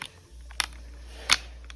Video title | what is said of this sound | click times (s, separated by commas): Lenovo Ideapad Gaming 3 RAM Upgrade Full Process | Yes, we have heard clicking noise. That means RAM is installed. | 0.6 s, 1.3 s